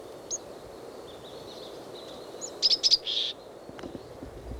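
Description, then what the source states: Chickadee call notes: a few faint high notes, then a quick burst of high, thin, sharp notes around the middle, over soft background hiss. Wild chickadee giving call notes while perched, not while moving, foraging apart from the others, hopping between dead branches over the ground with several looks per perch.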